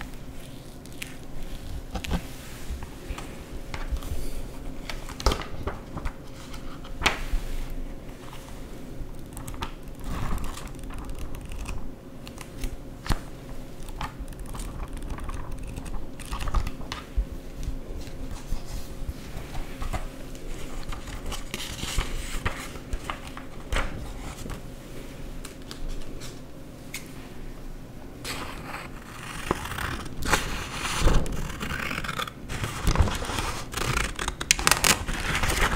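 Paper is cut with scissors and crumpled, giving a run of short, sharp snips and crackles at an irregular pace. From about 28 seconds the rustling grows denser and brighter. A low steady hum sits underneath throughout.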